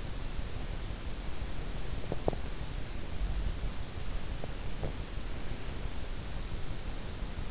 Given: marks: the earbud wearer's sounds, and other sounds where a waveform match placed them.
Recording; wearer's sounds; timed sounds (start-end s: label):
sounds in sleep by an in-ear microphone; teeth grinding
1.90-2.62 s: teeth grinding